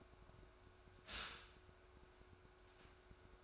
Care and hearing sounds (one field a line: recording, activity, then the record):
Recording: daily activity, microphone in the room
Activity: stop toaster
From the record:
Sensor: 2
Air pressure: 1014.6 hPa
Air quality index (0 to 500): 203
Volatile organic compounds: 23 ppm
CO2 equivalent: 2779 ppm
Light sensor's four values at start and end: 3/9/3/3 and 3/9/3/3